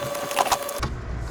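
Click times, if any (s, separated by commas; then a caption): none. An aftermarket head unit in its mounting adapter is pushed into the dash opening of a Jeep TJ, with short scraping bursts around 0.4 and 0.5 s over a faint steady hum that stops near 0.8 s, followed by a low rumble. Nothing has latched: the right side of the adapter won't latch, so the whole unit has to come back out.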